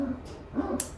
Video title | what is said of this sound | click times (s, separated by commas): I combine 5 different woods into one CNC inlay | When you put these in, you put them in, and they should snap into place. You should feel them snap | 0.8 s